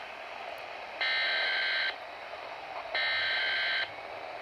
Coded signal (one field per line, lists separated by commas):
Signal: Emergency Alert System (SAME) tones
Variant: header bursts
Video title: How to self activate your NOAA Weather Radio.